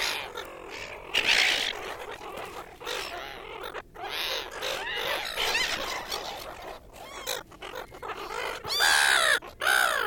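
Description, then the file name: Gulls calling in a dense, overlapping chorus of harsh, arching squawks and mews, many birds at once with constant chatter and a few louder cries near the end. Large group of gulls feeding at Williamstown. "BIRD SEAGULLS WILLIAMSTOWN LARGE GROUP FEEDING"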